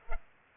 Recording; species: mosquito wingbeat signal from an infrared sensor; Culex pipiens